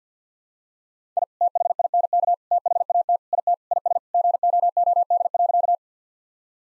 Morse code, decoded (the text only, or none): I THINK THAT IT IS GOOD.